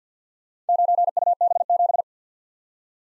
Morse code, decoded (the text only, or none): 9UB7